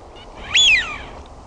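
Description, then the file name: Eurasian wigeon giving one whistled call, rising steeply and then falling away smoothly, a brief wheeoo with faint steady background noise. "HAAPANA"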